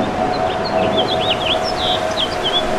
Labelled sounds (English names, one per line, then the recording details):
House Finch song
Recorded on Long Island, New York, on 2 June 2012
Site CP
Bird D